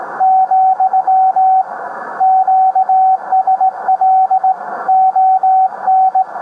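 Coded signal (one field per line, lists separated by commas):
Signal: Morse code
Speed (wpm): 18 wpm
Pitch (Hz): 760 Hz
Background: radio noise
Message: , QSLON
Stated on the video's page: CQ call in Morse; the grid locator begins with KG.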